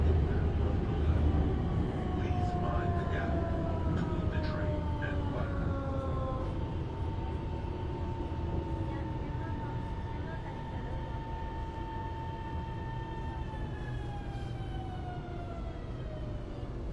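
Inside a Shenzhen metro train, a steady heavy roar runs throughout while whining motor tones slide slowly downward, easing slightly toward the end.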